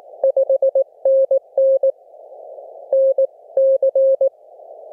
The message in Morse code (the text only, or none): 5NN NC